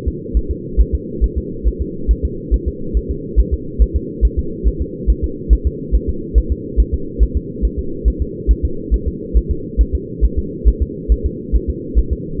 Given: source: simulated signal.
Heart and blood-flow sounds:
fetal heart sounds
0.08 s: S2
0.37 s: S1
0.51 s: S2
0.81 s: S1
0.95 s: S2
1.24 s: S1
1.38 s: S2
1.68 s: S1
1.82 s: S2
2.11 s: S1
2.25 s: S2
2.54 s: S1
2.68 s: S2
2.97 s: S1
3.11 s: S2
3.40 s: S1
3.53 s: S2
3.82 s: S1
3.96 s: S2
4.25 s: S1
4.39 s: S2
4.68 s: S1
4.82 s: S2
5.10 s: S1
5.24 s: S2
5.53 s: S1
5.67 s: S2
5.95 s: S1
6.09 s: S2
6.38 s: S1
6.52 s: S2
6.80 s: S1
6.94 s: S2
7.23 s: S1
7.37 s: S2
7.65 s: S1
7.79 s: S2
8.08 s: S1
8.22 s: S2
8.51 s: S1
8.65 s: S2
8.94 s: S1
9.08 s: S2
9.37 s: S1
9.51 s: S2
9.81 s: S1
9.95 s: S2
10.25 s: S1
10.39 s: S2
10.68 s: S1
10.82 s: S2
11.12 s: S1
11.26 s: S2
11.56 s: S1
11.70 s: S2
11.99 s: S1
12.13 s: S2
From the record:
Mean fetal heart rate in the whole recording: 140 bpm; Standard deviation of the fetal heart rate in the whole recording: 2 bpm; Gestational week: 34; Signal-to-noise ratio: -4.3 dB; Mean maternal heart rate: 72 bpm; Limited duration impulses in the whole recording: absent

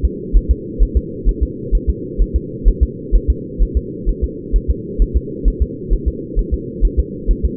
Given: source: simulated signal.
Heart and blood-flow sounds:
fetal heart sounds
0.05 s: S2
0.36 s: S1
0.51 s: S2
0.83 s: S1
0.97 s: S2
1.29 s: S1
1.43 s: S2
1.75 s: S1
1.90 s: S2
2.22 s: S1
2.36 s: S2
2.68 s: S1
2.83 s: S2
3.15 s: S1
3.30 s: S2
3.62 s: S1
3.77 s: S2
4.09 s: S1
4.24 s: S2
4.56 s: S1
4.70 s: S2
5.02 s: S1
5.17 s: S2
5.48 s: S1
5.62 s: S2
5.93 s: S1
6.08 s: S2
6.39 s: S1
6.54 s: S2
6.85 s: S1
6.99 s: S2
7.31 s: S1
7.45 s: S2
From the record:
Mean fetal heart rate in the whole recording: 130 bpm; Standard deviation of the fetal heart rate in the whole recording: 2 bpm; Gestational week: 36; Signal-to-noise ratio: -4.1 dB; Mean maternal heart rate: no maternal heart sound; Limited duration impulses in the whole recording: absent

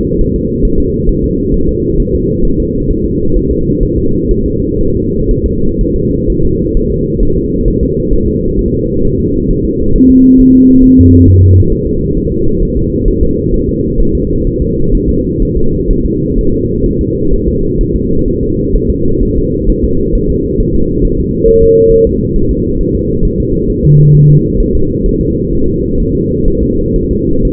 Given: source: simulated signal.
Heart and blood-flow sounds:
fetal heart sounds
0.21 s: S1
0.36 s: S2
0.65 s: S1
0.80 s: S2
1.09 s: S1
1.24 s: S2
1.54 s: S1
1.69 s: S2
2.00 s: S1
2.15 s: S2
2.45 s: S1
2.60 s: S2
2.91 s: S1
3.05 s: S2
3.36 s: S1
3.51 s: S2
3.83 s: S1
3.98 s: S2
4.31 s: S1
4.46 s: S2
4.81 s: S1
4.96 s: S2
5.31 s: S1
5.46 s: S2
5.81 s: S1
5.96 s: S2
6.30 s: S1
6.45 s: S2
6.77 s: S1
6.92 s: S2
7.23 s: S1
7.38 s: S2
7.68 s: S1
7.83 s: S2
8.13 s: S1
8.28 s: S2
8.59 s: S1
8.74 s: S2
9.05 s: S1
9.20 s: S2
9.51 s: S1
9.65 s: S2
9.95 s: S1
10.10 s: S2
10.40 s: S1
10.55 s: S2
10.84 s: S1
10.99 s: S2
11.28 s: S1
11.43 s: S2
11.72 s: S1
11.87 s: S2
12.17 s: S1
12.32 s: S2
12.62 s: S1
12.77 s: S2
13.08 s: S1
13.23 s: S2
13.54 s: S1
13.69 s: S2
14.00 s: S1
14.15 s: S2
14.47 s: S1
14.62 s: S2
14.95 s: S1
15.09 s: S2
15.43 s: S1
15.57 s: S2
15.91 s: S1
16.05 s: S2
16.38 s: S1
16.53 s: S2
16.86 s: S1
17.01 s: S2
17.34 s: S1
17.48 s: S2
17.81 s: S1
17.96 s: S2
18.28 s: S1
18.43 s: S2
18.76 s: S1
18.90 s: S2
19.23 s: S1
19.38 s: S2
19.69 s: S1
19.84 s: S2
20.15 s: S1
20.30 s: S2
20.60 s: S1
20.75 s: S2
21.05 s: S1
21.20 s: S2
21.49 s: S1
21.63 s: S2
21.92 s: S1
22.07 s: S2
22.36 s: S1
22.51 s: S2
22.80 s: S1
22.95 s: S2
23.25 s: S1
23.40 s: S2
23.70 s: S1
23.85 s: S2
24.15 s: S1
24.30 s: S2
24.60 s: S1
24.75 s: S2
25.06 s: S1
25.21 s: S2
25.53 s: S1
25.68 s: S2
26.00 s: S1
26.15 s: S2
26.48 s: S1
26.63 s: S2
26.96 s: S1
27.11 s: S2
27.45 s: S1
From the record:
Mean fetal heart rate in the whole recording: 130 bpm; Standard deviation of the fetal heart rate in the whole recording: 4 bpm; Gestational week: 38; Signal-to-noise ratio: -16.4 dB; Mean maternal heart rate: 72 bpm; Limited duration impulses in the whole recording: present

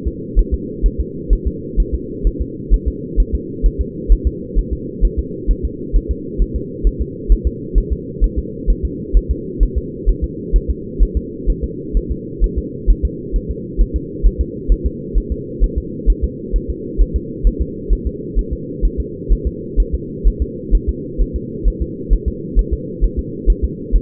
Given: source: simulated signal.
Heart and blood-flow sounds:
fetal heart sounds
0.08 s: S2
0.39 s: S1
0.54 s: S2
0.86 s: S1
1.00 s: S2
1.33 s: S1
1.47 s: S2
1.80 s: S1
1.95 s: S2
2.27 s: S1
2.42 s: S2
2.74 s: S1
2.88 s: S2
3.20 s: S1
3.35 s: S2
3.66 s: S1
3.81 s: S2
4.12 s: S1
4.27 s: S2
4.59 s: S1
4.73 s: S2
5.05 s: S1
5.19 s: S2
5.51 s: S1
5.65 s: S2
5.96 s: S1
6.11 s: S2
6.42 s: S1
6.56 s: S2
6.87 s: S1
7.01 s: S2
7.32 s: S1
7.47 s: S2
7.78 s: S1
7.92 s: S2
8.24 s: S1
8.39 s: S2
8.70 s: S1
8.85 s: S2
9.17 s: S1
9.31 s: S2
9.63 s: S1
9.78 s: S2
10.09 s: S1
10.24 s: S2
10.56 s: S1
10.70 s: S2
11.03 s: S1
11.17 s: S2
11.50 s: S1
11.64 s: S2
11.97 s: S1
12.12 s: S2
12.44 s: S1
12.59 s: S2
12.90 s: S1
13.05 s: S2
13.36 s: S1
13.51 s: S2
13.81 s: S1
13.96 s: S2
14.26 s: S1
14.41 s: S2
14.72 s: S1
14.86 s: S2
15.17 s: S1
15.32 s: S2
15.64 s: S1
15.78 s: S2
16.10 s: S1
16.24 s: S2
16.56 s: S1
16.70 s: S2
17.01 s: S1
17.16 s: S2
17.47 s: S1
17.62 s: S2
17.93 s: S1
18.07 s: S2
18.39 s: S1
18.53 s: S2
18.85 s: S1
19.00 s: S2
19.32 s: S1
19.47 s: S2
19.80 s: S1
19.94 s: S2
20.28 s: S1
20.42 s: S2
20.75 s: S1
20.89 s: S2
21.21 s: S1
21.36 s: S2
21.68 s: S1
21.82 s: S2
22.13 s: S1
22.28 s: S2
22.59 s: S1
22.73 s: S2
23.04 s: S1
23.19 s: S2
23.50 s: S1
23.64 s: S2
23.96 s: S1
From the record:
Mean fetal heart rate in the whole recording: 130 bpm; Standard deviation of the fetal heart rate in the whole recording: 2 bpm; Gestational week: 36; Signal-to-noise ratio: -4.1 dB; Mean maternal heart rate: no maternal heart sound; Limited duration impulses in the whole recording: absent

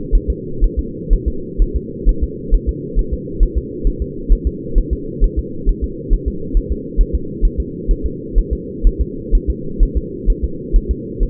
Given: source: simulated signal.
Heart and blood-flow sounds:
fetal heart sounds
0.15 s: S1
0.30 s: S2
0.64 s: S1
0.79 s: S2
1.13 s: S1
1.28 s: S2
1.62 s: S1
1.76 s: S2
2.09 s: S1
2.24 s: S2
2.54 s: S1
2.69 s: S2
2.99 s: S1
3.14 s: S2
3.43 s: S1
3.58 s: S2
3.87 s: S1
4.02 s: S2
4.32 s: S1
4.47 s: S2
4.78 s: S1
4.93 s: S2
5.24 s: S1
5.39 s: S2
5.69 s: S1
5.84 s: S2
6.14 s: S1
6.28 s: S2
6.57 s: S1
6.72 s: S2
7.01 s: S1
7.15 s: S2
7.45 s: S1
7.60 s: S2
7.91 s: S1
8.06 s: S2
8.38 s: S1
8.53 s: S2
8.87 s: S1
9.01 s: S2
9.35 s: S1
9.50 s: S2
9.83 s: S1
9.97 s: S2
10.30 s: S1
10.44 s: S2
10.76 s: S1
10.91 s: S2
11.23 s: S1
From the record:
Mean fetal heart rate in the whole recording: 130 bpm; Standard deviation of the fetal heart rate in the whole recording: 4 bpm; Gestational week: 38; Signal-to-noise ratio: -4.3 dB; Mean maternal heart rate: 72 bpm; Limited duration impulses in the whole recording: absent

